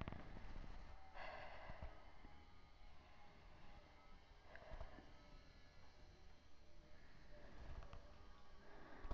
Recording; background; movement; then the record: deep breathing; quiet; sitting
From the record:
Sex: female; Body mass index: 22.6 kg/m2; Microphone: on the chest, facing outward